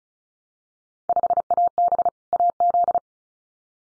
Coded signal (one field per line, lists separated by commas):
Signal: Morse code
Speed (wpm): 36 wpm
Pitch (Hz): 700 Hz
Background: none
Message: 5AB AZ